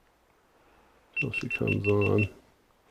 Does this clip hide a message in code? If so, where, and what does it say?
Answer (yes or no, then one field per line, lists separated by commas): no